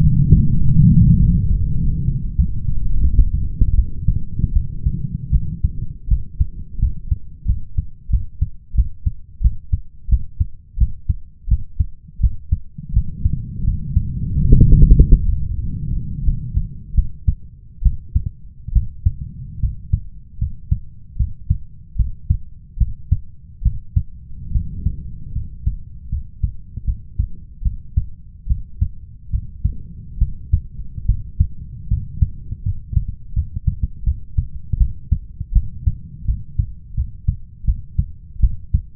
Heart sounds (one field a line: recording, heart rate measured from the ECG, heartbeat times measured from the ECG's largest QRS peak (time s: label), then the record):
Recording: heart sounds by stethoscope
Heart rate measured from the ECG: 81 bpm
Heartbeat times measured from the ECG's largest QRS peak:
0.59 s: heartbeat
1.18 s: heartbeat
1.76 s: heartbeat
2.35 s: heartbeat
3.01 s: heartbeat
3.75 s: heartbeat
4.53 s: heartbeat
5.31 s: heartbeat
6.08 s: heartbeat
6.79 s: heartbeat
7.46 s: heartbeat
8.10 s: heartbeat
8.75 s: heartbeat
9.41 s: heartbeat
10.09 s: heartbeat
10.78 s: heartbeat
11.48 s: heartbeat
12.20 s: heartbeat
12.93 s: heartbeat
13.64 s: heartbeat
14.31 s: heartbeat
14.96 s: heartbeat
15.59 s: heartbeat
16.24 s: heartbeat
16.95 s: heartbeat
17.82 s: heartbeat
18.73 s: heartbeat
19.60 s: heartbeat
20.38 s: heartbeat
21.17 s: heartbeat
21.96 s: heartbeat
22.78 s: heartbeat
23.62 s: heartbeat
24.52 s: heartbeat
25.33 s: heartbeat
26.09 s: heartbeat
26.84 s: heartbeat
27.62 s: heartbeat
28.47 s: heartbeat
29.30 s: heartbeat
30.18 s: heartbeat
31.06 s: heartbeat
31.88 s: heartbeat
32.63 s: heartbeat
33.33 s: heartbeat
34.04 s: heartbeat
34.77 s: heartbeat
35.53 s: heartbeat
36.25 s: heartbeat
36.95 s: heartbeat
37.65 s: heartbeat
38.40 s: heartbeat
From the record:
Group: healthy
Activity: rest 0-5 s, cold pressor test 5-39 s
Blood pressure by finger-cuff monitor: 102/69 mmHg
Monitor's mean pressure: 76 mmHg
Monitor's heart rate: 80 bpm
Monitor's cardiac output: 6.2 L/min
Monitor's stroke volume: 76 mL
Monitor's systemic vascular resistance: 920 dyn s/cm5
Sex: male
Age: 21 years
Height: 170 cm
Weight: 71 kg